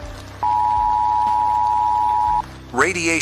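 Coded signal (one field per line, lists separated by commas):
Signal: Emergency Alert System (SAME) tones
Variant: 853 and 960 Hz attention tone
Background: speech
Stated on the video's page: Fictional EAS broadcast from a backup transmitter about a nuclear attack.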